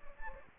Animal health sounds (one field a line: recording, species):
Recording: mosquito wingbeat signal from an infrared sensor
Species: Anopheles gambiae